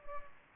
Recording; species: mosquito wingbeat signal from an infrared sensor; Culex pipiens